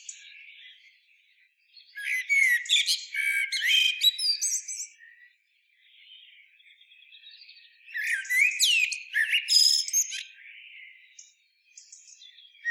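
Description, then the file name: Eurasian blackbird song in two phrases several seconds apart, each a low melodic warble followed by a high, scratchy twitter. "Turdus merula"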